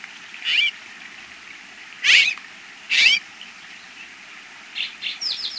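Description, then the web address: Bird calls: short, harsh, buzzy notes at irregular intervals, followed by a quick run of thin, downslurred chirps at the end. North American birds. "Peterson North American Birds. habr"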